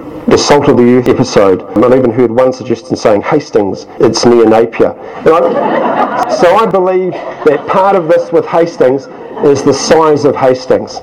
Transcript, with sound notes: The Salt of the Earth’ episode. And I’ve even heard one suggestion saying ‘Hastings – it’s near Napier’. [Laughter] So I believe part of this with Hastings, is the size of Hastings.